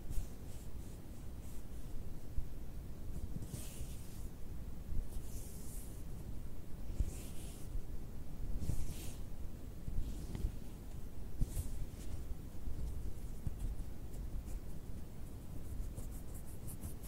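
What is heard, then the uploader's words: Fabric is scratched and rubbed in a steady, dense rustle that stays low and soft. Brighter, crisper scrapes cut through about every one to two seconds, with a run of quicker strokes near the end. ASMR FABRIC SOUNDS, FABRIC SCRATCHING, FABRIC RUBBING, ASMR NO TALKING TRIGGERS WITH TINGLES.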